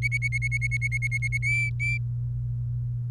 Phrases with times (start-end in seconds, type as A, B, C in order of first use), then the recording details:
0.02-1.38 A, 1.42-1.98 B. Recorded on 27 April 2018 at 16:27. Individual llb3